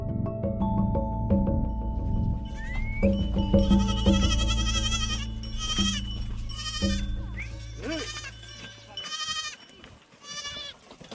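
Goats from a small family farm's herd of over a hundred bleat repeatedly, about eight wavering, nasal calls in quick succession, some overlapping, over a steady low droning hum that fades out near the end.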